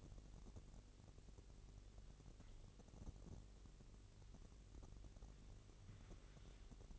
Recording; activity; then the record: daily activity, microphone in the room; make coffee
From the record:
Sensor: 4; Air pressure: 1008.2 hPa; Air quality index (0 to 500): 109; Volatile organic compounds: 1 ppm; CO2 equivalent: 805 ppm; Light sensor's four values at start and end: 11/24/10/10 and 11/24/10/10